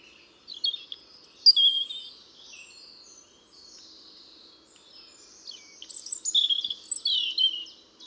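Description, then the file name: European robin song: two bursts of high, thin, warbling notes with sharp trills and pure whistles, separated by a quiet pause of several seconds. "Erithacus rubecula"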